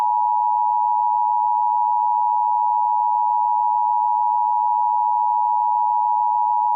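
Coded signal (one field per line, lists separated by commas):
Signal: Emergency Alert System (SAME) tones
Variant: 853 and 960 Hz attention tone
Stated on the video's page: Fictional EAS scenario, original idea, not a real alert.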